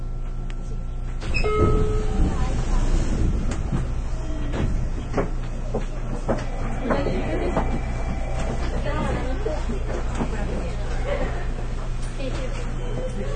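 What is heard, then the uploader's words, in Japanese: Inside a local electric train on the move, a steady low rumble of running gear fills the car, with rattles and clunks over the rails. Voices speak through much of it, and a brief high whine and squeal come around two seconds in. JR九州の813系電車の走行音です。日豊線の普通列車で収録しました。区間は、中津から西小倉までです。It is a running sound of an 813 series train of JR Kyushu.It was recorded with Nippou line's local train.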